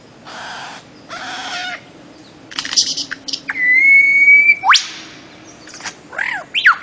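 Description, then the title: Bird-of-paradise sounds: buzzy rasping notes, a long level whistle ending in a sharp upward sweep, then arched calls, with background hiss. Master song used for training songbirds. "Kicau Master Cendrawasih"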